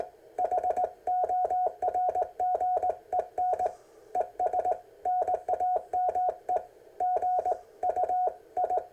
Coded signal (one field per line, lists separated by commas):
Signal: Morse code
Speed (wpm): 19 wpm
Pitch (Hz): 730 Hz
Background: none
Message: HORGEN ES NAME GUI